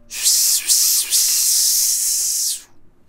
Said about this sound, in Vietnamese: Lúc mà niết bản khí nồng đậm xâm thực thể của huyết linh khôi thì trên thân thể của nó lập tức phát ra tiếng xèo xèo, sát khí càng tràn ra điên cuồng.